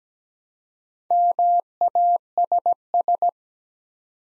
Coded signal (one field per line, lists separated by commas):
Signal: Morse code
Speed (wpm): 17 wpm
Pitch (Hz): 700 Hz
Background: none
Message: MASS